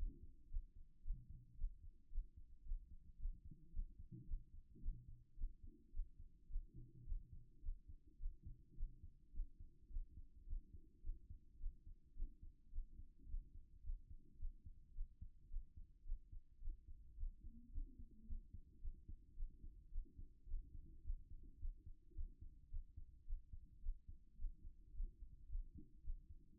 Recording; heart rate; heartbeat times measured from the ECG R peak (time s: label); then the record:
heart sounds by stethoscope; 108 bpm
0.48 s: heartbeat
1.01 s: heartbeat
1.55 s: heartbeat
2.09 s: heartbeat
2.62 s: heartbeat
3.16 s: heartbeat
3.70 s: heartbeat
4.25 s: heartbeat
4.79 s: heartbeat
5.35 s: heartbeat
5.90 s: heartbeat
6.47 s: heartbeat
7.03 s: heartbeat
7.60 s: heartbeat
8.17 s: heartbeat
8.74 s: heartbeat
9.31 s: heartbeat
9.88 s: heartbeat
10.44 s: heartbeat
11.01 s: heartbeat
11.57 s: heartbeat
12.13 s: heartbeat
12.69 s: heartbeat
13.25 s: heartbeat
13.81 s: heartbeat
14.36 s: heartbeat
14.92 s: heartbeat
15.47 s: heartbeat
16.03 s: heartbeat
16.59 s: heartbeat
17.14 s: heartbeat
17.69 s: heartbeat
18.24 s: heartbeat
18.79 s: heartbeat
19.34 s: heartbeat
19.89 s: heartbeat
20.45 s: heartbeat
21.01 s: heartbeat
21.57 s: heartbeat
22.13 s: heartbeat
22.68 s: heartbeat
23.24 s: heartbeat
23.80 s: heartbeat
24.36 s: heartbeat
24.91 s: heartbeat
25.46 s: heartbeat
26.01 s: heartbeat
26.56 s: heartbeat
From the record:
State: after exercise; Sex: male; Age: 37 years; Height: 170 cm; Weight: 86 kg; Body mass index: 29.76